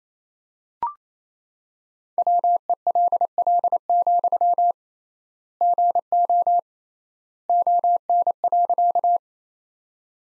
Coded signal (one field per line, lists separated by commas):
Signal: Morse code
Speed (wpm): 28 wpm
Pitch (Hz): 700 Hz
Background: none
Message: WELL, GO ON.